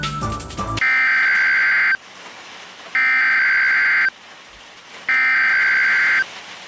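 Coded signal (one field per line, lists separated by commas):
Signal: Emergency Alert System (SAME) tones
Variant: header bursts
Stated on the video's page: Mock EAS recreation of the first Tornado Emergency, for Bridge Creek-Moore, Oklahoma, 1999.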